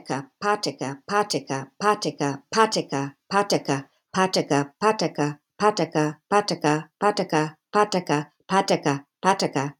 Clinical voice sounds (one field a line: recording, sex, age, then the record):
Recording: repeated syllables /pa ta ka/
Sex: female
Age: 60 to 69 years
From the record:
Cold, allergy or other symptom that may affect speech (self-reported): no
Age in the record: 66 years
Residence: Texas, United States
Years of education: 18